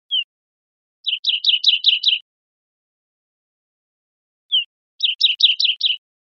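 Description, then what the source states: Olive warbler: two phrases, each a single introductory note followed by six or so fast, bright chipping notes, about four seconds apart, nothing else audible. Costa Rica, 3 December 2004.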